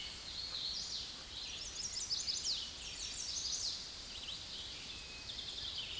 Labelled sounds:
Chestnut-sided Warbler song
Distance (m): 30 m
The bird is about 15 m above the microphone
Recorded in a Pennsylvania forest on 16 May 2024 at 07:53
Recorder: AudioMoth, point MSD-2417
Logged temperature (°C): 16.4 °C
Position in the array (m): 114 m, 99 m

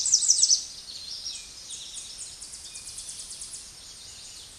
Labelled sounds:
Tennessee Warbler song
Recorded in a Pennsylvania forest on 16 May 2024 at 08:29
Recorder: AudioMoth, point MSD-2027
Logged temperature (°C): 15.6 °C
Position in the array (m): 75 m, 203 m

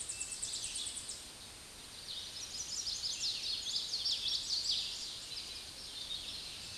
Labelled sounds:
Chestnut-sided Warbler song
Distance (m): 25 m
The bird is about 5 m above the microphone
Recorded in a Pennsylvania forest on 16 May 2024 at 06:44
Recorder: AudioMoth, point MSD-2417
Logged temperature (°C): 16.4 °C
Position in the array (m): 102 m, 99 m

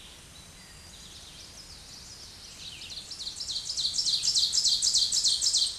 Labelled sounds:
Ovenbird song
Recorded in a Pennsylvania forest on 16 May 2024 at 07:59
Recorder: AudioMoth, point MSD-0475
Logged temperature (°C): 12.3 °C
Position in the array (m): 149 m, -13 m

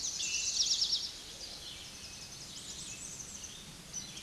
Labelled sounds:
Eastern Towhee song
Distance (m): 10 m
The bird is about 5 m above the microphone
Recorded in a Pennsylvania forest on 16 May 2024 at 06:49
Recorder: AudioMoth, point MSD-0508
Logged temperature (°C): 15.5 °C
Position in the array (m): 92 m, 159 m

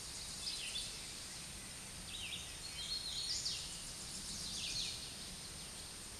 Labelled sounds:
Hooded Warbler song
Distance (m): 35 m
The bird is about 15 m above the microphone
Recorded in a Pennsylvania forest on 16 May 2024 at 07:17
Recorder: AudioMoth, point MSD-0398
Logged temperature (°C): 16.4 °C
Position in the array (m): 134 m, 114 m

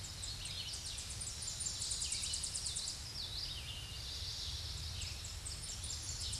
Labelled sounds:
Tennessee Warbler song
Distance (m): 40 m
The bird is about 20 m above the microphone
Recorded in a Pennsylvania forest on 16 May 2024 at 07:38
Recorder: AudioMoth, point MSD-1035
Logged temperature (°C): 16.3 °C
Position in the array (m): 216 m, 161 m

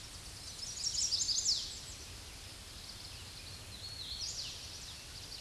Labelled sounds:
Hooded Warbler song
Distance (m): 20 m
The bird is about level with the microphone
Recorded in a Pennsylvania forest on 16 May 2024 at 07:52
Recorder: AudioMoth, point MSD-1419
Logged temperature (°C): 16.9 °C
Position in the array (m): 120 m, 146 m

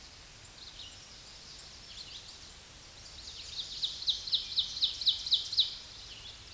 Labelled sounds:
Ovenbird song
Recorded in a Pennsylvania forest on 16 May 2024 at 07:33
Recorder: AudioMoth, point MSD-1035
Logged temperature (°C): 16.3 °C
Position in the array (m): 212 m, 130 m

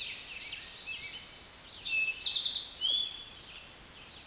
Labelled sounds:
Eastern Towhee song
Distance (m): 20 m
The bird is about 15 m above the microphone
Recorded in a Pennsylvania forest on 16 May 2024 at 09:09
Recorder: AudioMoth, point MSD-2058
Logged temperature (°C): 11.8 °C
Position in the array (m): 63 m, 15 m

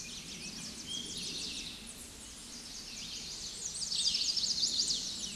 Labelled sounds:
Chestnut-sided Warbler song
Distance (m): 15 m
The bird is about level with the microphone
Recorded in a Pennsylvania forest on 16 May 2024 at 08:50
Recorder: AudioMoth, point MSD-1401
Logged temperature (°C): 16.4 °C
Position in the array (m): 63 m, 176 m

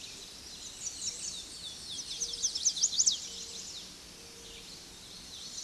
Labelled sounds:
American Redstart song
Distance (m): 75 m
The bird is about 15 m above the microphone
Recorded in a Pennsylvania forest on 16 May 2024 at 06:22
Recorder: AudioMoth, point MSD-0407
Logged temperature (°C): 15.8 °C
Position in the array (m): 32 m, 227 m

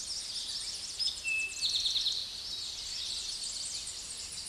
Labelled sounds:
Eastern Towhee song
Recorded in a Pennsylvania forest on 16 May 2024 at 06:05
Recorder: AudioMoth, point MSD-2155
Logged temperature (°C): 15.6 °C
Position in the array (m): 66 m, 103 m

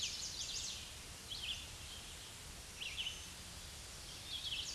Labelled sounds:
Red-eyed Vireo song
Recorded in a Pennsylvania forest on 16 May 2024 at 07:41
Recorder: AudioMoth, point MSD-2376
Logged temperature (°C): 16.7 °C
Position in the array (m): 149 m, 29 m

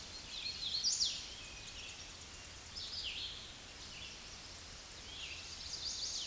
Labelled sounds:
Red-eyed Vireo song
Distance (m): 20 m
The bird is about 15 m above the microphone
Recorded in a Pennsylvania forest on 16 May 2024 at 07:17
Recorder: AudioMoth, point MSD-0079
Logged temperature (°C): 16.1 °C
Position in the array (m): 167 m, 70 m

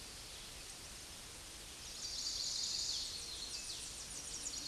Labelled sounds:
Chestnut-sided Warbler song
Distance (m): 30 m
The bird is about level with the microphone
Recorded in a Pennsylvania forest on 16 May 2024 at 08:36
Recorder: AudioMoth, point MSD-2257
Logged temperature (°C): 16.0 °C
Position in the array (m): 169 m, 192 m

